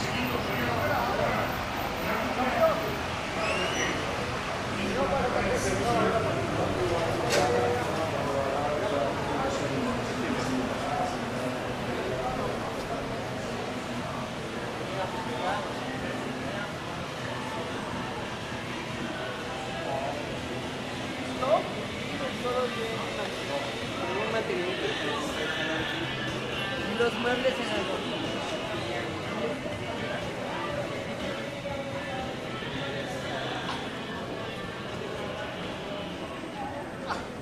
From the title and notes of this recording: Walking Down 5th Avenue In Playa Del Carmen (Ambient Sounds, Walking, Talking, Car Noise, Footsteps, Birds Chirping). In this episode we are taking a stroll down the busy 5th avenue in Playa Del Carmen, Mexico.